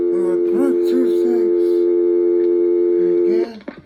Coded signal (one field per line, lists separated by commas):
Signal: telephone call progress tone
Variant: North America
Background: speech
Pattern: dial tone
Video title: Telephone is not in service part 001